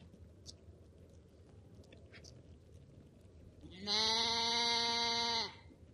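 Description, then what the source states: Sheep bleat: one long, steady, strongly harmonic bleat lasting nearly two seconds after a quiet stretch of low background noise. Lambs.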